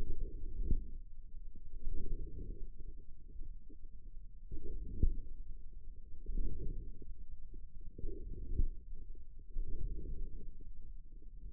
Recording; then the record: forearm muscle sounds (acoustic myography)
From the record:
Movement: inward rotation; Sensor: system 2, bracelet of six BSWA MPA416 microphones around the upper forearm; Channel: 4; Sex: male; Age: 22 years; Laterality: right